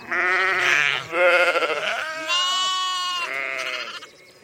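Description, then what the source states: Sheep bleating: four long wavering bleats in quick succession, the third higher and thinner. Sheep on upland fells and moors in England; their grazing keeps the hills from turning into woodland.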